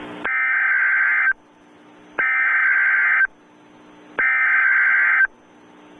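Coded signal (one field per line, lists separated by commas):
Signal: Emergency Alert System (SAME) tones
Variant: header bursts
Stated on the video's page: Fictional EAS scenario of a tornado striking a nuclear power plant.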